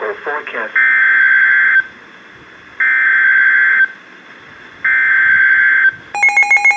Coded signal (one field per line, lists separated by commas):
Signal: Emergency Alert System (SAME) tones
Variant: header bursts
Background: speech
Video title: Severe Thunderstorm Warning (EAS #1570-1571)